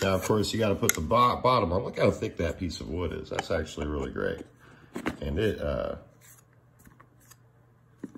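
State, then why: Not seated. Someone talks while fitting the thick wooden bottom panel onto a puzzle box. After the talking stops around 6 s, only faint rubbing and light tapping sounds follow until about 8.2 s. The bottom panel has not clicked into place.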